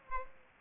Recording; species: mosquito wingbeat signal from an infrared sensor; Aedes aegypti